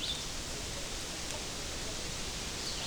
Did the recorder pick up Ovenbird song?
no